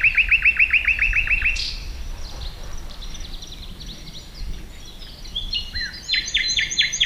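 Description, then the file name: Common nightingale song opening with a rapid throbbing run of repeated notes, then softer varied twitters and another fast repeated series at the end. "Luscinia megarhynchos"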